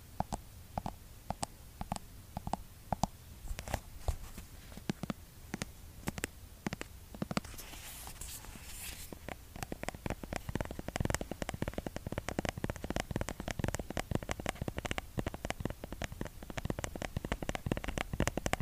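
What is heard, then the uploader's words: Someone taps on a skincare product container. At first the taps come sparse and irregular; around eight seconds a brief rushing hiss passes, and after ten seconds the tapping turns fast and dense, crisp clicks packed tightly over a low, muffled rumble that runs throughout. Skincare product tapping. Blue yeti microphone.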